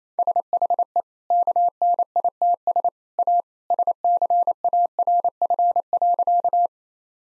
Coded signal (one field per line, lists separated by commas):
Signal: Morse code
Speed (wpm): 28 wpm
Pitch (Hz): 700 Hz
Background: none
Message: SHE KNITS A SCARF.